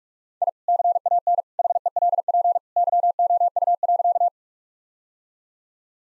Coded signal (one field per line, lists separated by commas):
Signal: Morse code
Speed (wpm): 43 wpm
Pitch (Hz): 700 Hz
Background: none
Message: I CAN HELP YOU.